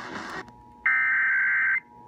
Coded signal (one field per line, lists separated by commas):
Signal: Emergency Alert System (SAME) tones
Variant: header bursts